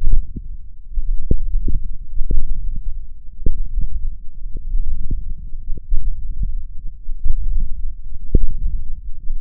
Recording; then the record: forearm muscle sounds (acoustic myography)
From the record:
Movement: wrist flexion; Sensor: system 1, eight BSWA MPA416 microphones around the upper forearm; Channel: 8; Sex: male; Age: 21 years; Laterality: right